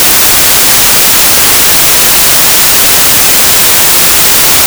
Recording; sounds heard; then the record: poultry house recording; no chicken sound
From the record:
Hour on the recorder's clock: 0